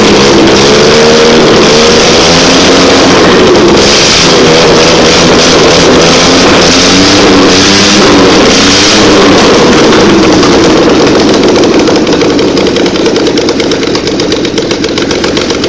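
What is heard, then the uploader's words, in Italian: An engine runs steadily throughout, with a dense, rough hum and a low rumble. Its pitch wavers and bends gently between about two and nine seconds, as if revving slightly, then settles into an even running sound with a sharper, rattling texture toward the end. Motore Ferrari Dino. Prova di funzionamento del motore della Ferrari Dino dopo disassemblaggio e seguente assemblaggio. Ripreso con il mio vecchio Nokia N70.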